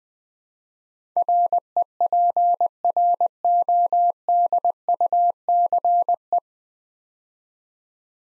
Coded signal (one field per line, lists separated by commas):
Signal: Morse code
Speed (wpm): 21 wpm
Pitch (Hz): 700 Hz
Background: none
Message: REPRODUCE